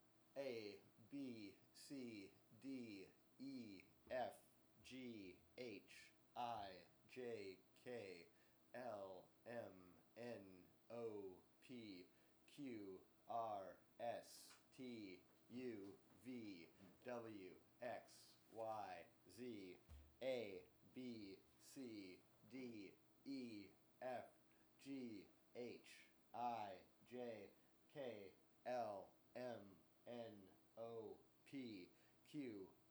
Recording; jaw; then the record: letters of the alphabet, spoken; free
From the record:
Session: seven days later